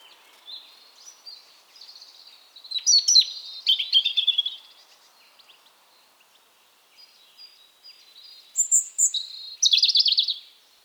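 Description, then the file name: European robin singing two high, tinkling phrases of sweet notes and fast trills, separated by several seconds of near silence. "Erithacus rubecula"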